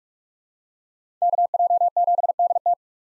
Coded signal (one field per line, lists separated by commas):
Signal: Morse code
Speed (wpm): 46 wpm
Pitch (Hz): 700 Hz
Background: none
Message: KJ7DT